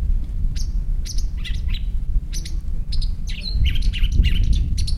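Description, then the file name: Long-tailed shrike producing a string of scratchy chirps and short buzzy notes in uneven clusters, with low-pitched background noise throughout. "shrike-long-tailed -Lanius-schach"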